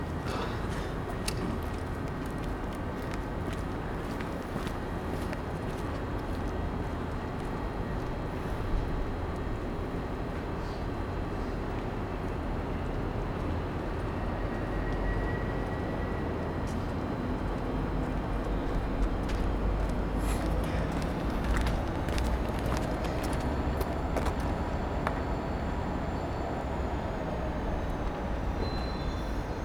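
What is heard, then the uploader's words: A cold station platform early in the morning, filled with a steady, dense low rumble of machinery and traffic that barely changes over the half minute. Brief clicks and knocks punctuate it, clustering around twenty seconds, and a faint whine rises near fifteen seconds. Captured early in the morning on a cold station platform. The temperature is -3c and the people waiting for the train are wearing winter clothing.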